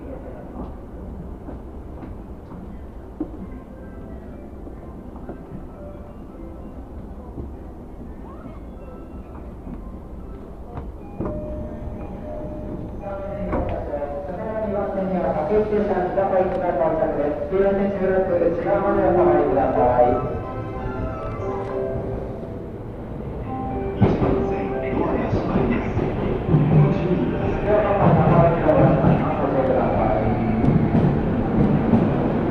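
A Tokyo commuter train ride, Yamanote or Chuo line, with a steady low rumble of the carriage throughout. Around fifteen seconds a rising whine of the motors builds as the train accelerates, and a brief voice is heard over the running noise near the end.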